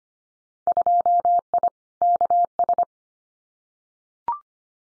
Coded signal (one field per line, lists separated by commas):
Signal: Morse code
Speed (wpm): 25 wpm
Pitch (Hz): 700 Hz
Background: none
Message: 2I KS